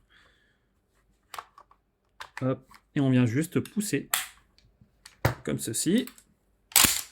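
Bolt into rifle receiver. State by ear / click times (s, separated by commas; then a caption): seated / 6.8 s. A Springfield Armory M1 Garand rifle in .30-06, made September 1943, has its trigger group refitted after reassembly while someone talks, with small clicks and handling sounds along the way. The action is then cocked, and at 6.8 s the steel bolt closes and locks into the receiver with a sharp metallic snap, locking correctly.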